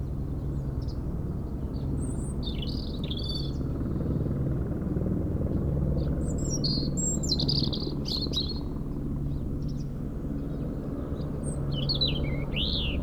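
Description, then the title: European robin singing short, sweet, trilling and descending phrases with gaps between them, while a heavy low engine hum fills the background throughout. Singing in a hedge near Lac du Bourget, France, during helicopter lift work on a cliff, sound echoing off the mountain; Zoom H4n Pro placed vertically on the ground. "4 Chem. de la Pointe Forestier, Brison-Saint-Innocent, France - Duo rouge-gorge hélicoptère"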